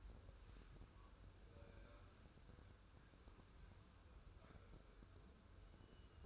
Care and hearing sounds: daily activity, microphone in the room; wipe stove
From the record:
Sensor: 2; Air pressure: 1015.0 hPa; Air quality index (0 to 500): 59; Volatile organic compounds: 1 ppm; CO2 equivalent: 714 ppm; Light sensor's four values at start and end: 13/35/14/15 and 13/35/14/15

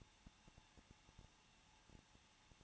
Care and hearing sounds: daily activity, microphone in the room; no activity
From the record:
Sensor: 1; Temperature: 20.1 degrees Celsius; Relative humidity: 39.3%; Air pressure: 1006.4 hPa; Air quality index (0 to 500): 218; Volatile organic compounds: 79 ppm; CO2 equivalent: 3600 ppm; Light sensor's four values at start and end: 1/2/1/1 and 1/2/1/1

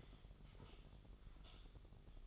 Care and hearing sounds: daily activity, microphone in the room; typing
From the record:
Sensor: 4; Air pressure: 989.6 hPa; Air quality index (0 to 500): 226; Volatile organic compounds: 87 ppm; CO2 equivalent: 3660 ppm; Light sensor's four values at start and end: 26/91/33/35 and 26/91/33/35

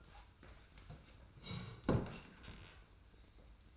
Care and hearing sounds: daily activity, microphone in the room; sit down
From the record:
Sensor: 2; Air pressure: 990.3 hPa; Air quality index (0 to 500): 179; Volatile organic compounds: 1000 ppm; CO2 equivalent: 5672 ppm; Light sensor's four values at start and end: 31/70/29/29 and 28/65/27/27

